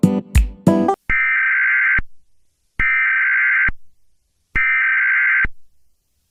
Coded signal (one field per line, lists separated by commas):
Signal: Emergency Alert System (SAME) tones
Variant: header bursts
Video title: The "Spiral" Of Death (TORNADO EAS SCENARIO)